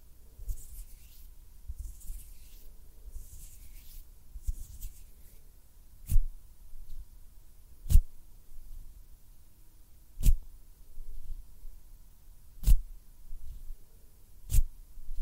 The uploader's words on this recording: ASMR CLOSE-UP FINGER FLUTTERING AND HAND SOUNDS - NO TALKING.